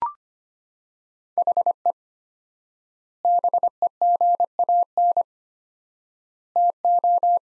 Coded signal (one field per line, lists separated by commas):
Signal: Morse code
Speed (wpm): 25 wpm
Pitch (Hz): 700 Hz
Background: none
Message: HE BEGAN TO